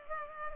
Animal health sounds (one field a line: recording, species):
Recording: mosquito wingbeat signal from an infrared sensor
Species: Culex pipiens